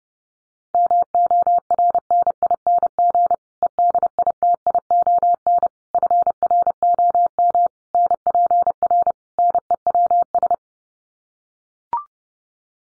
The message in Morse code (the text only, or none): MORNING EDITION FROM NPR NEWS